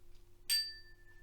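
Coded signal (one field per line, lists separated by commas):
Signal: bell signal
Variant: British signal box bell code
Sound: one bright bell ding with a ringing tone slowly fading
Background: low hum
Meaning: One beat replies to the call attention, acknowledging it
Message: 1 strike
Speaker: and the guy at the other signal box if he was listening would reply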